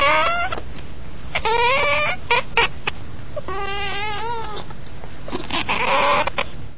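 Cat meowing, several drawn-out wavering meows, some rising and falling, repeated in quick succession with brief gaps.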